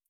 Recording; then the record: hydrophone in a shrimp aquaculture tank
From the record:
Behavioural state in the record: feeding